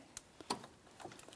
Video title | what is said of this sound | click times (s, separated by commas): How to Replace Radiator Fan Control Module 2007-2014 Ford Edge 3.5L | Press it in, audible click, make sure it's secured in place. | 0.5 s